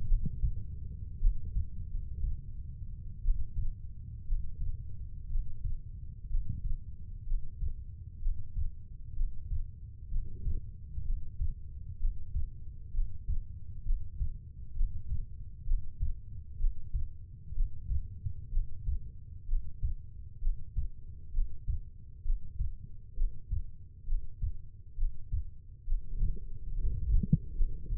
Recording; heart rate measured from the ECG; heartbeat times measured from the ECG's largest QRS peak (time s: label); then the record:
heart sounds by stethoscope; 63 bpm
0.07 s: heartbeat
1.20 s: heartbeat
1.89 s: heartbeat
3.23 s: heartbeat
4.26 s: heartbeat
5.29 s: heartbeat
6.28 s: heartbeat
7.25 s: heartbeat
8.20 s: heartbeat
9.15 s: heartbeat
10.10 s: heartbeat
11.04 s: heartbeat
11.99 s: heartbeat
12.92 s: heartbeat
13.84 s: heartbeat
14.74 s: heartbeat
15.65 s: heartbeat
16.58 s: heartbeat
17.54 s: heartbeat
18.51 s: heartbeat
19.47 s: heartbeat
20.41 s: heartbeat
21.32 s: heartbeat
22.23 s: heartbeat
23.15 s: heartbeat
24.06 s: heartbeat
24.96 s: heartbeat
25.86 s: heartbeat
26.76 s: heartbeat
27.53 s: heartbeat
From the record:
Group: healthy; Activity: Valsalva maneuver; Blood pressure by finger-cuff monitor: 107/73 mmHg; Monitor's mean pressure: 82 mmHg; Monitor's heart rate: 63 bpm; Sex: female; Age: 22 years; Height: 171 cm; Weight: 65.6 kg